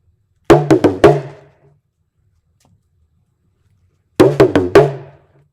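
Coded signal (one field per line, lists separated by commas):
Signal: talking drum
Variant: English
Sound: two phrases of four quick low drum strokes with ringing pitched tone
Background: small quiet room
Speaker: And this is English. I'm going to play for you. Maybe you might be able to understand and also tell what I'm playing.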